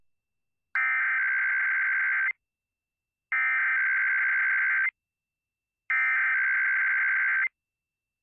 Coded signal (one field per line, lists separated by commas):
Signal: Emergency Alert System (SAME) tones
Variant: header bursts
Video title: A Major Randomly Alerts Monday (EAS #24695-24706) 2/10/25